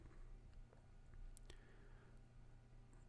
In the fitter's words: On reclipse l'écran en commençant par le haut.